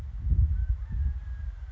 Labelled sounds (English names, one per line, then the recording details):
Mountain Quail
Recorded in Sonoma County, California